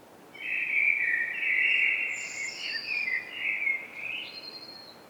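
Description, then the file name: Eurasian blackbird singing one long mellow warbled phrase that ends in a higher squeaky twitter, over a steady background hiss. "Turdus merula"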